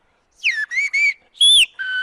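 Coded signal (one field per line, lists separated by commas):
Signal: whistled language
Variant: Occitan whistled language (Aas)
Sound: five short gliding whistles, falling, rising and then one steady tone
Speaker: mais pour les passionnés rien ne vaut siffler en plein air dans l'espoir bientôt que des jeunes leur répondent de l'autre côté de la vallée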